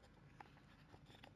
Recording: background sound without coughing